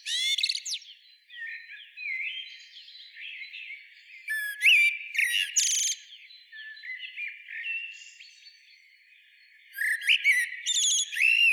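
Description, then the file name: Common blackbird calls: soft warbled twittering broken by loud, harsh, squeaky bursts, then quiet, then a final cluster of sharp high notes. "Turdus merula"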